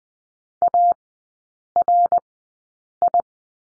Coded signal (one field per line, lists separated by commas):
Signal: Morse code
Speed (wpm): 20 wpm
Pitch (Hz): 700 Hz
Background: none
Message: ARI